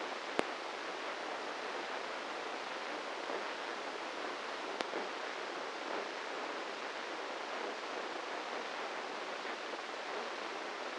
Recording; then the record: brain microelectrode recording played as sound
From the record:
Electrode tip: inside the subthalamic nucleus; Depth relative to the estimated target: -2 mm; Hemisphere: right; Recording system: NeuroSet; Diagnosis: Parkinson's disease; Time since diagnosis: 8 years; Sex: male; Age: 58 years